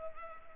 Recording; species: mosquito wingbeat signal from an infrared sensor; Culex pipiens